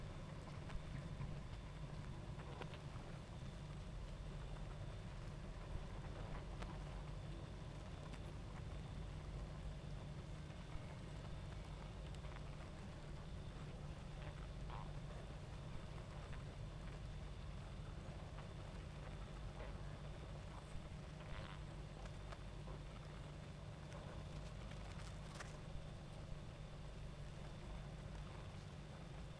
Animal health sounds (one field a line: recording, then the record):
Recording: honeybee colony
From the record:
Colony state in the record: active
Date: 28 July 2017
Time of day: 22:00